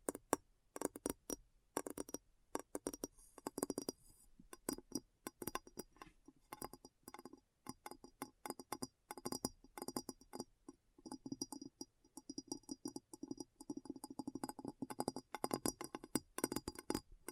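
Tapping on a hard surface with a glassy, clinking ring, made of quick clusters of sharp taps broken by brief pauses. The rhythm shifts constantly, sometimes sparse, sometimes a dense flurry, with bright ringing tones sitting above the clicks throughout.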